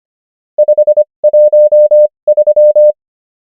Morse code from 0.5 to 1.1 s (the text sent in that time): 5